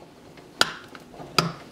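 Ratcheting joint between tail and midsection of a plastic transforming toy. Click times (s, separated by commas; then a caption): 0.6 s, 1.4 s. The ratcheting joint between the tail and midsection of a new plastic Fansproject Lost Exo Realm LER-04 Severo transforming robot toy is forced apart with quite a bit of force, because the toy is new. Two sharp plastic ratchet clicks sound at 0.6 s and 1.4 s, with a few faint ticks between them. The joint is opened until it has clicked twice into position.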